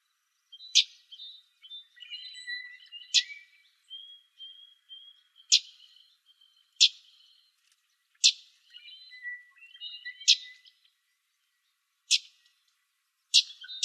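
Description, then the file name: Common yellowthroat calls: sharp, dry chip notes repeated irregularly about every one to two and a half seconds, with thin whistled and twittering notes between them. Calls recorded in Arizona on 4 October 2004. "COYE CALLS deviche 041004"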